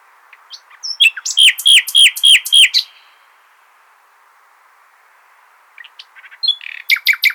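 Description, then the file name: Common nightingale repeating a loud slurred note several times in rhythm, a pause, then a second phrase of soft chirps building into sharp loud notes. "Luscinia megarhynchos"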